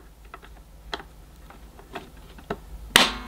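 A second plastic side brush is pushed onto the brush shaft of a Eufy RoboVac 15C robot vacuum, with several faint taps and handling clicks as it is lined up. It snaps into place with one sharp, loud click at 3.0 s, seated.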